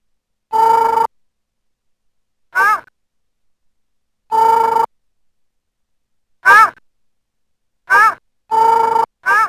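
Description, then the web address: Dog giving held, even-pitched bays mixed with short, wavering yelps at uneven intervals, with quiet between. "ogare"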